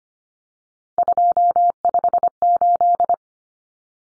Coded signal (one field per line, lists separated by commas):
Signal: Morse code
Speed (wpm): 25 wpm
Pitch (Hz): 700 Hz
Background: none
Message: 258